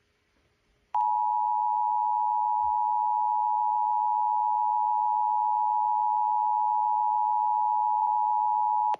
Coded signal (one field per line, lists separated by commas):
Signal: Emergency Alert System (SAME) tones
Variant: 853 and 960 Hz attention tone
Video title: [EAS #2771] Orange County Required Monthly Test via KSBR 88.5